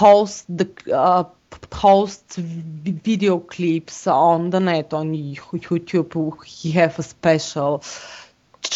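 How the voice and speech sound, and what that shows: Adult male speaker who has stuttered since childhood, a member of a stuttering self-help association in Bulgaria, speaking English in conversation. Stuttering is heard as a repeated word at the start of a phrase, prolonged sounds and frequent pauses breaking up otherwise voiced speech.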